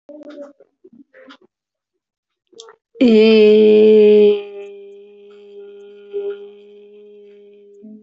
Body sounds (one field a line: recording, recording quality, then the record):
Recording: sustained vowel as in made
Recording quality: excellent, no background noise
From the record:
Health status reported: recovered from COVID-19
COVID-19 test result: negative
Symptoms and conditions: breathing difficulty, hypertension, ischaemic heart disease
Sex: female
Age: 53 years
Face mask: worn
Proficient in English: yes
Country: India